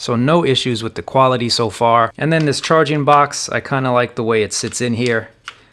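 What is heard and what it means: Someone talks while handling the plastic charging case of TicPods Free true wireless Bluetooth earbuds, its lid meant to close onto the case body. The case is handled but not yet shut, and nothing has seated or clicked yet.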